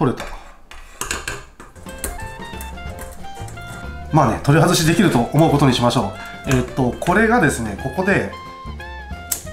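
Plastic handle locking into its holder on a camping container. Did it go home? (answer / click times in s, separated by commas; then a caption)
yes / 9.3 s. Someone talks over background music while handling the plastic folding handle of a 100-yen camping storage container, with small knocks and taps early on. At 9.3 s the handle locks into its holder on the container with a short, sharp click.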